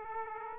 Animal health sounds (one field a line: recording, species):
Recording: mosquito wingbeat signal from an infrared sensor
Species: Aedes aegypti